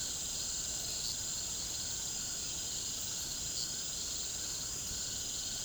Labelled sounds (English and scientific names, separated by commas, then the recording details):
none
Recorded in pastures near Puerto Asís, Putumayo, Colombia, on 23 June 2025 at 18:30
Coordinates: 0.472, -76.331
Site G095